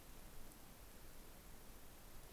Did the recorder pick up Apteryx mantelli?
no